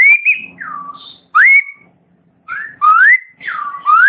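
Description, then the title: Long-tailed shrike song: a varied run of loud whistled phrases, some rising and some falling, given in quick bursts with a short pause around two seconds. "Kicau Burung Pentet"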